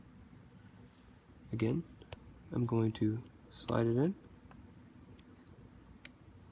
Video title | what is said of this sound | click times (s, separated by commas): Laptop key replacement/cleaning (Butterfly Keyboard - Lenovo Y50 / Y70) | Now, you should hear two clicks. There we go. | 5.2 s, 6.0 s